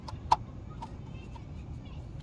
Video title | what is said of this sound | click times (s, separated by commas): Pacbrake PRXB w/ Eaton Fuller shift knob - Cummins | right it clicked give it a little pull and that's in there so that's how you do the uh the ecm plug | 0.3 s